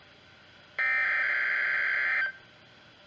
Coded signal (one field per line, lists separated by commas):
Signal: Emergency Alert System (SAME) tones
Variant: header bursts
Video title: Required Weekly Test on KHB-32 featuring Midland WR-100 (EAS #171)